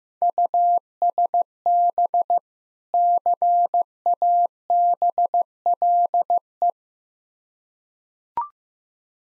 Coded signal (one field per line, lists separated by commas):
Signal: Morse code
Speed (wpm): 15 wpm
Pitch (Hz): 700 Hz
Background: none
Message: USB CABLE